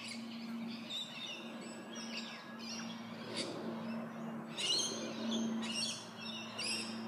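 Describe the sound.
Bird tweets, twittering high chirps and short trills coming in bunches, over a low steady drone.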